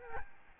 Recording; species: mosquito wingbeat signal from an infrared sensor; Aedes albopictus